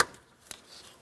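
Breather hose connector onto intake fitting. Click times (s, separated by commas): 0.0 s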